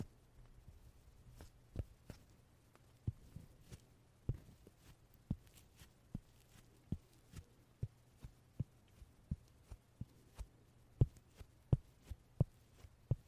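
Short puff sounds repeat in a steady rhythm, roughly one every three-quarters of a second, each a quick soft thump with a faint crisp edge. They grow somewhat louder after about ten seconds. A low, steady hum runs underneath throughout, with no voices.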